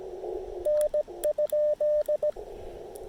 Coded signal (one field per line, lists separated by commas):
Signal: Morse code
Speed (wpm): 16 wpm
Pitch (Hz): 600 Hz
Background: radio noise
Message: N?